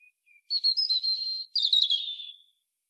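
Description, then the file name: European robin song, two faint thin whistles leading into a pair of sweet warbled phrases with a steady high tone that fades away. "Erithacus rubecula"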